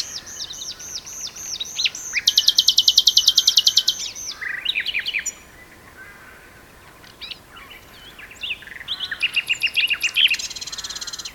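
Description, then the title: Common nightingale song, fast buzzy trills and repeated high whistles alternating with rattling notes, phrases separated by short silences. Two nightingales singing in a duet on Westleton Heath. "sanderson nightingale-duet-on-westleton-heath"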